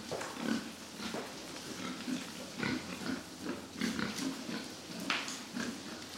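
Pigs snorting and grunting in short, breathy bursts roughly every half second to second, with a rustling, noisy background.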